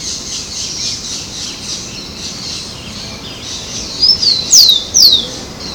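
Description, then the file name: Rufous-collared sparrow song: a few clear, downslurred high whistles near the end, over a steady high hiss. Recorded at Ibirapuera, São Paulo, Brazil. "Zonotrichia capensis Ibirapuera SP BR. ASilveira"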